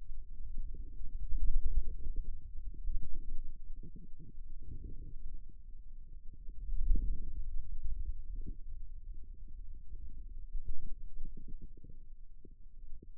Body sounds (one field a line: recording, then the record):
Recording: forearm muscle sounds (acoustic myography)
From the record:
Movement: ulnar deviation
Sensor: system 2, bracelet of six BSWA MPA416 microphones around the upper forearm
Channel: 5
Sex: male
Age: 22 years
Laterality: right